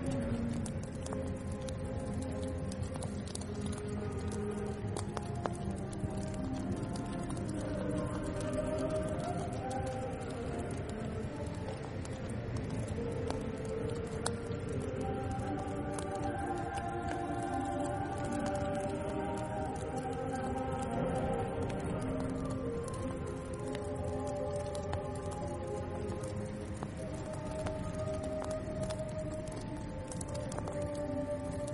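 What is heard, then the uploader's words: Distant church chanting holds long, overlapping sung notes at a steady level throughout, with faint crackling ticks scattered over a low rumble. Turn on the fireplace, listen to the sacred chanting of the church in the distance.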